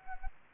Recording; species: mosquito wingbeat signal from an infrared sensor; Anopheles gambiae